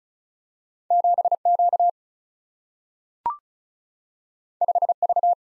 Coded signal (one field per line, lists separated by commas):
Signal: Morse code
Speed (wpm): 36 wpm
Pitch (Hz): 700 Hz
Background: none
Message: 7Q 5V